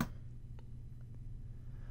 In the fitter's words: place your hand down and position the Lancet just off the center of the finger pad and push down you'll hear a click